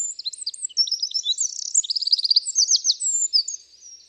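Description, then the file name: Eurasian wren singing a dense, shrill stream of fast trills and chattering notes, loud and continuous throughout, fading slightly at the end. "Troglodytes troglodytes"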